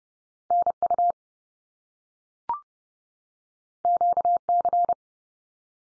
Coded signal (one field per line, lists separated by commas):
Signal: Morse code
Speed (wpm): 30 wpm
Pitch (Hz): 700 Hz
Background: none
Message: NU QC